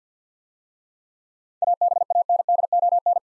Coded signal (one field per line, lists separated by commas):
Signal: Morse code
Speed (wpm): 46 wpm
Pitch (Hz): 700 Hz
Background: none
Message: ABANDON